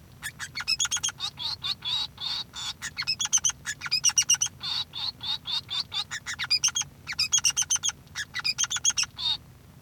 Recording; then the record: song of a male Bengalese finch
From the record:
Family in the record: son of father 3